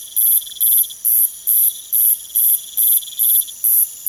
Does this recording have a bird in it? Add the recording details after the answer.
no. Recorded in pastures near Puerto Asís, Putumayo, Colombia, on 22 June 2025 at 02:30. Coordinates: 0.486, -76.323. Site H29